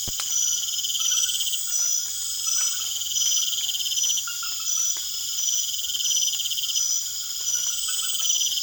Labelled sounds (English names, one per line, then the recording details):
none
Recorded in secondary vegetation near Puerto Asís, Putumayo, Colombia, on 27 June 2025
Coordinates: 0.488, -76.319
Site G094